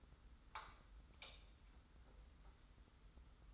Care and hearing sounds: daily activity, microphone in the room; light on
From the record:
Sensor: 3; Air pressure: 990.9 hPa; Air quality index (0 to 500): 117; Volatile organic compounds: 80 ppm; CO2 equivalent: 3603 ppm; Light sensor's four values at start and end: 37/88/35/33 and 40/97/39/36

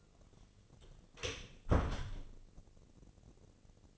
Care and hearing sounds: daily activity, microphone in the room; close door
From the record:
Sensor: 4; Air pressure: 1013.3 hPa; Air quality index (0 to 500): 177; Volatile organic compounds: 2 ppm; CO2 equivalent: 1117 ppm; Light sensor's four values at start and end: 91/227/94/100 and 70/171/72/72

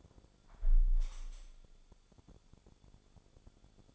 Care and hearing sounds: daily activity, microphone in the room; close window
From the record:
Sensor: 5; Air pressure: 1015.0 hPa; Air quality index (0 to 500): 95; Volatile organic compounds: 2 ppm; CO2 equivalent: 1013 ppm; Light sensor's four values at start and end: 35/80/32/31 and 35/80/32/31

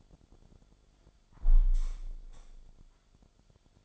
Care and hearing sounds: daily activity, microphone in the room; close window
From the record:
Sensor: 5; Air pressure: 1006.5 hPa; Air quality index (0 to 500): 182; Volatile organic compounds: 5 ppm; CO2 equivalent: 1730 ppm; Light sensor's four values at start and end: 57/161/63/64 and 57/161/63/64

